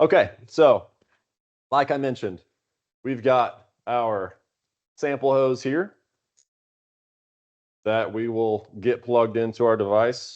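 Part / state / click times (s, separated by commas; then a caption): gas sample hose male fitting into an analyzer sample port / not seated / none. Someone talks while holding up the gas sample hose for an SF6 gas analyzer, with one faint, brief handling noise at about 6.4 s in a pause between phrases. The hose's male fitting has not yet clicked into the analyzer's sample port.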